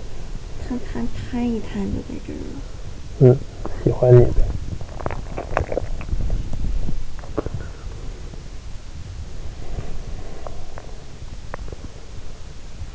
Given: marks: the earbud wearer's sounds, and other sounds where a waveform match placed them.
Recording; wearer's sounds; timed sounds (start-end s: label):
sounds in sleep by an in-ear microphone; breath, body movement
0.00-0.44 s: breath
0.52-2.68 s: sound from someone else or the room
3.18-3.42 s: sound from someone else or the room
3.63-4.40 s: sound from someone else or the room
5.03-12.95 s: body movement